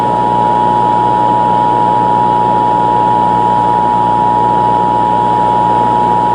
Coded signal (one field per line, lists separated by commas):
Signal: Emergency Alert System (SAME) tones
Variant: 853 and 960 Hz attention tone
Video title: Rivals x the eas alert